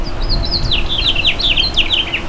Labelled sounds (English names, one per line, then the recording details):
House Finch song
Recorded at Merrick on Long Island, New York, on 17 May 2013
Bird B